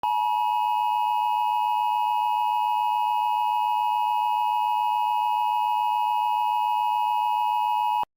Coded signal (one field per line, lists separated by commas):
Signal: Emergency Alert System (SAME) tones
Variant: 853 and 960 Hz attention tone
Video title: EAS Mock - The 2016 Microsoft Bombing